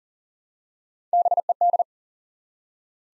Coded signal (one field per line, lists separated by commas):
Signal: Morse code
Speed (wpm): 38 wpm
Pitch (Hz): 700 Hz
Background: none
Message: BED